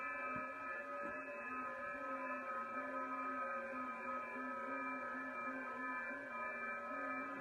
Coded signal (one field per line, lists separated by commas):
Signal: FT8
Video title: 05-13-2024 - Back in the Shack with VA3EWV - Unboxing items to get ready for POTA activations